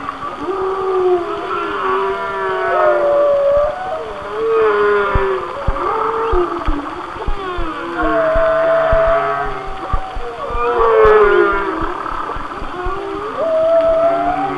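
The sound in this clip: Whale song: moaning, sliding tones and higher squeals, with several harmonic buzzy bursts over steady hiss.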